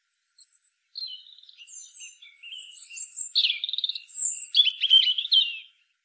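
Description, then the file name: European robin: a clean sequence of thin high whistles and quick trilled twitters, varied in pitch, running for about five seconds against silence. "Erithacus rubecula"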